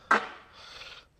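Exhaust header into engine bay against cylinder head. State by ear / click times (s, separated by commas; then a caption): seated / 0.1 s. An exhaust header is worked back into position against the cylinder head in the tight engine bay of a Cadillac 500 V8 in a 1981 Fleetwood, with a sharp, bright click at 0.1 s. It is unclear whether the header dropped into place or a bolt engaged, and a softer scraping rasp follows from about 0.5 to 1.0 s. The header is seated.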